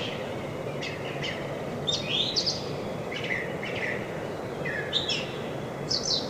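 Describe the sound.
Brown thrasher singing varied short phrases, some doubled, of harsh and whistled notes, with background hiss throughout.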